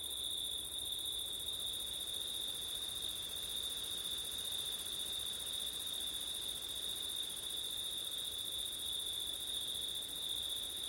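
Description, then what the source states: Crickets trill steadily at high pitch with an even higher steady band above, over a soft continuous wind background. September night, with wind; ORTF stereo microphone setup.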